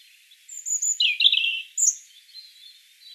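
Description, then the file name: European robin song, a high thin whistle followed by a rapid, tumbling trill and a sharp higher note, then softer twittering fading out. "Erithacus rubecula"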